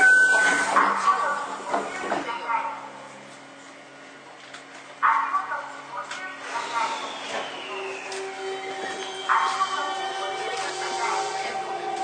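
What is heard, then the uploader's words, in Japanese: A Toei 5300 series train runs between Oshiage and Gotanda, with a steady low hum underneath throughout. Short rattling bursts come near the start, at about five seconds and near nine seconds, while a rising motor whine climbs from about six seconds on. 都営5300形 押上ー五反田。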